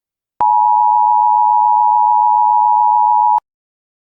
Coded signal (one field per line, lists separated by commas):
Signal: Emergency Alert System (SAME) tones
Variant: 853 and 960 Hz attention tone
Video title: EAS Scenario: The Final Hours Of Dawn [FULL ANALOG HORROR]